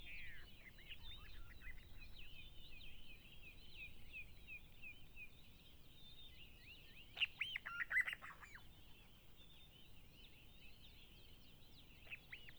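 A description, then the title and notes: A dense, steady chorus of high chirping birds at Mmabolela Reserve in Limpopo, South Africa, runs throughout, with many overlapping calls. Around seven to eight seconds a louder bird calls in short bursts. A soft low rumble sits underneath. Mmabolela Reserve, Limpopo, South Africa. With the exception of one particularly rainy day at the homestead, everything was recorded far from human interference.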